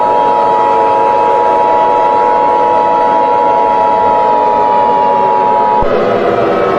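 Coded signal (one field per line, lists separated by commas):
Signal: Emergency Alert System (SAME) tones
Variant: 853 and 960 Hz attention tone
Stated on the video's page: Fictional scenario.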